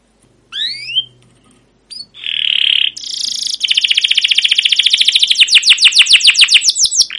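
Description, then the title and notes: Canary song starting with a few scattered rising whistles and a steady buzzy note, then breaking into a long rapid trill of high downward-sweeping chirps. Caged canary song used as a lure and tutor for young canaries learning sounds; long, continuous chirping-and-rolling style called cuit cuit ngerol, gacor panjang. "CUIT CUIT NGEROL LANGSUNG GACOR PANJANG Kenari Ini AMPUH Utk Pancingan KENAR. PANCINGAN Kenari GACOR PANJANG Cuit CUIT EMOSI ini AMPUH utk MASTERAN Kenari PAUD belajar BUNYI. burung kenari"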